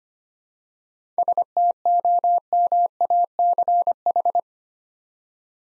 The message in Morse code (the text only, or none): STOMACH